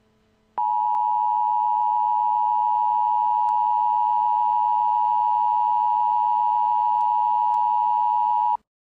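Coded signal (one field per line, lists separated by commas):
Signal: Emergency Alert System (SAME) tones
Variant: 853 and 960 Hz attention tone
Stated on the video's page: Fake tornado warning alert modeled on a real warning.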